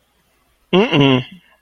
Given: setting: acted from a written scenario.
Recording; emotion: vocal sound without words; guilt